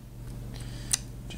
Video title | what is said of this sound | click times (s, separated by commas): HOW TO INSTALL RAM / Memory laptops notebooks PCs Computers upgrade review | hit the click just | 0.9 s